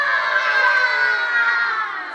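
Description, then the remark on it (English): A group of children roar together like a lion, a loud, sustained chorus of high, strained voices held for about two seconds before tapering slightly at the end. “Roar like a lion.”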